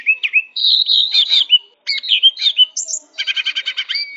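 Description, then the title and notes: Bird song of varied chirps and slurred whistles, with a rapid buzzy trill of stacked notes near the end, and brief pauses between phrases. Bird song used for tutoring pet birds. "Suara Burung. Suara Kicauan Burung untuk memaster burung kesayangan"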